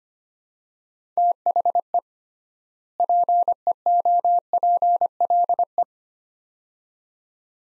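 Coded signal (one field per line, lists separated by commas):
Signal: Morse code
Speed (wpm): 25 wpm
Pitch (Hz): 700 Hz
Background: none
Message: THE PEOPLE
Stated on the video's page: Morse practice drill of two-word phrases at 25 wpm with 3x word spacing, a Farnsworth-like method; each set sent in Morse, spoken, then sent again.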